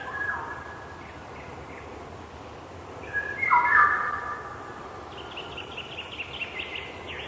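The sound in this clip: Eurasian golden oriole gives a short, loud fluted whistle midway, with faint scattered notes from other birds and steady background hiss.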